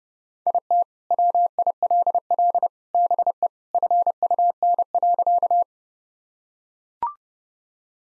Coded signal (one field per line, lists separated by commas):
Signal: Morse code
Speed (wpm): 30 wpm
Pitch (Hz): 700 Hz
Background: none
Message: IT WILL BE FUN.